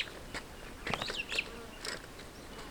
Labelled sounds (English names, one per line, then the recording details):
Superb Starling flight call
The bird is a female
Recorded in Kenya on 9 June 2010
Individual 41, of group MRC1